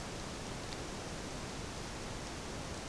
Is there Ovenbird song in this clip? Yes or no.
no